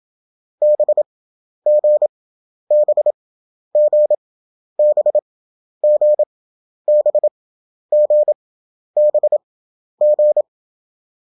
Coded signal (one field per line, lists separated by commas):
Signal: Morse code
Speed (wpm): 28 wpm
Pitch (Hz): 600 Hz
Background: none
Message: BG BG BG BG BG